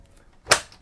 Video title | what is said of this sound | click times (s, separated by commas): Thermaltake The Tower 600 ATX Hexagon Airflow Beast in depth tear down | and then that snaps into place so the top filter | 0.5 s